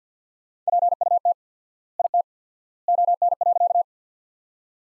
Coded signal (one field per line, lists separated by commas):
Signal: Morse code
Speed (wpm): 50 wpm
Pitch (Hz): 700 Hz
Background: none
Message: PUT IT ON.